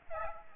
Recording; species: mosquito wingbeat signal from an infrared sensor; Aedes aegypti